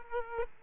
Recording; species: mosquito wingbeat signal from an infrared sensor; Aedes aegypti